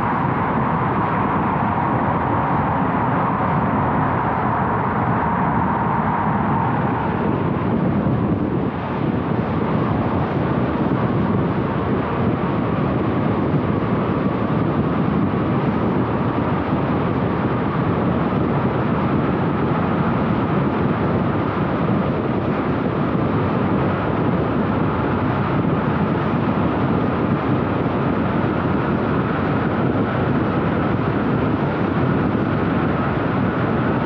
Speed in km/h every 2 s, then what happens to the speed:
84, 84, 84, 84, 84, 85, 92, 97, 98, 99, 105, 93, 94, 96, 97, 97, 97.
0-11 steady at about 84. 11-19 speeds up to 105. 19-22 slows to 93. 22-34 steady at about 96.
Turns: none.